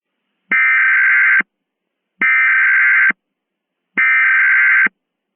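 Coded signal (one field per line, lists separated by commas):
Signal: Emergency Alert System (SAME) tones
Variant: header bursts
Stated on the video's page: Mock EAS scenario containing valid EAS tones.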